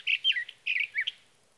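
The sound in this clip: Sage thrasher singing two short bursts of fast, slurred warbling notes separated by a brief pause.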